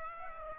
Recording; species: mosquito wingbeat signal from an infrared sensor; Aedes aegypti